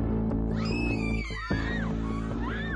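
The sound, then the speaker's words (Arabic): Shrill, wavering, terrifying screams in a hall rise and fall in pitch over a dense, steady bed of dramatic music with a pulsing beat, the cries swelling loudly and breaking off briefly before returning. “وارتفع صوت صراخ مروع”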